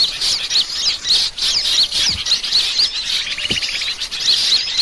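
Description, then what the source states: Birds: dense bird chorus of many high chirps and quick whistled notes, overlapping steadily, with a short buzzy trill near the end. Bird lure call (pikat), described as a thousand birds.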